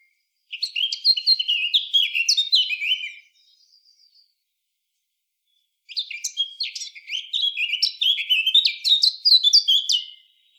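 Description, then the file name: Eurasian blackcap singing two long warbling phrases of quick chattering and fluty notes, separated by a pause. "Sylvia atricapilla"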